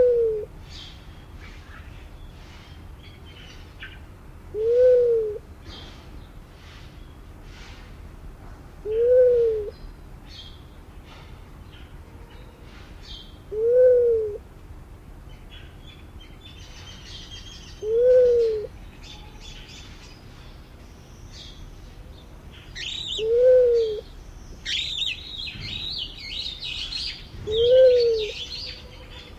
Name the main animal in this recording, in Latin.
Gallicolumba luzonica